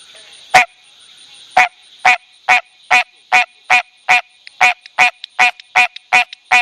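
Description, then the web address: American green tree frog calling, a series of many short honking notes repeated in quick succession. "Frog Hyla Cinerea"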